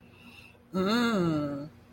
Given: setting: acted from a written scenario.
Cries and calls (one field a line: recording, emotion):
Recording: vocal sound without words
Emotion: desire